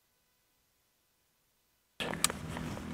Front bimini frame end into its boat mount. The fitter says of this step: and I heard a click there could you hear yeah so that's that one done